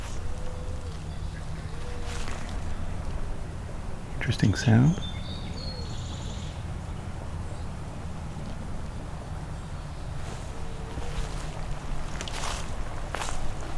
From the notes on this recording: a walk through the Beverly Swamp, listening for spring arrivals, and emerged frog species